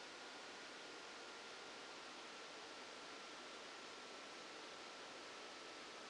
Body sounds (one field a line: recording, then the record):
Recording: brain microelectrode recording played as sound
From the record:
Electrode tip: outside the subthalamic nucleus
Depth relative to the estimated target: -10 mm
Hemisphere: left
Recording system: NeuroSet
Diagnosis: Parkinson's disease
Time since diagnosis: 14 years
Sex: male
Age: 51 years